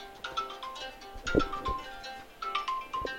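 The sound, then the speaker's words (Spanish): A mobile phone rings with an incoming call, a melodic electronic ringtone of short bright notes repeating in quick phrases at a fairly soft level, with no one talking over it. “Bueno, mi teléfono se pone a sonar.”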